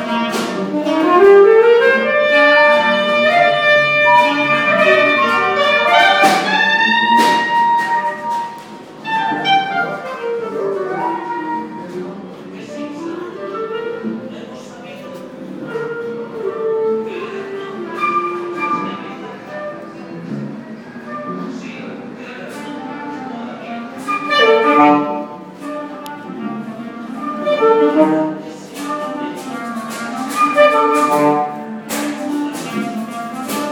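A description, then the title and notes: Sounds at Tacheles: melodic tones and voices echo, with sharp clatters near the start and around twenty-five seconds. Sounds at Tacheles.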